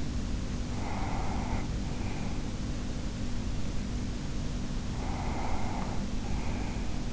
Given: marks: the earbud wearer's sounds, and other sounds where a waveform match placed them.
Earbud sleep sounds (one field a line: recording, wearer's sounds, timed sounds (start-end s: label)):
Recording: sounds in sleep by an in-ear microphone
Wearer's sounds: breath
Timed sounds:
0.60-2.79 s: breath
4.57-7.13 s: breath